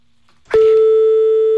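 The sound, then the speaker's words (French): A click, then a steady, loud mid-pitched telephone ringback tone on a call to a hotel, holding unbroken for about a second while the call goes unanswered, with no voices. “Ah, ça décroche pas.”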